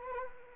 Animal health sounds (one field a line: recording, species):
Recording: mosquito wingbeat signal from an infrared sensor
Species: Anopheles arabiensis